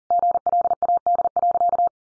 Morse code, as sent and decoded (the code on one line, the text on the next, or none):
--. .-.. .- -.. .-.-.-
GLAD.